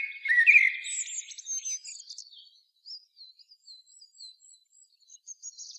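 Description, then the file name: Common blackbird song: a brief rich fluted phrase, then a high twittering trail and spaced, faint squeaky notes. "Turdus merula"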